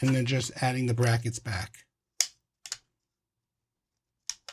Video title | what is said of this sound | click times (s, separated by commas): Synology DS920+ Initial Setup | make sure they snap in place firmly | 2.2 s, 4.3 s